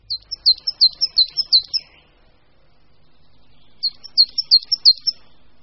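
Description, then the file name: Coal tit song: rapid high two-note phrases repeated in two bursts, with a short quiet gap in between and faint background rumble. "Sýkora-uhelníček"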